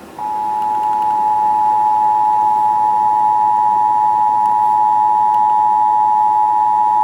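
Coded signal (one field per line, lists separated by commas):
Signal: Emergency Alert System (SAME) tones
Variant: 853 and 960 Hz attention tone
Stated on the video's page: Amber Alert relayed on an AM news radio station at 1030, heard through an internet radio app on a laptop.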